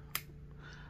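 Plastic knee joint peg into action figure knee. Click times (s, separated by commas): 0.1 s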